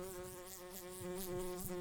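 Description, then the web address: Brown-banded carder bee buzzing steadily in a continuous low hum with a rich overtone series, slightly wavering in pitch. Worker bees. "Humilis workers"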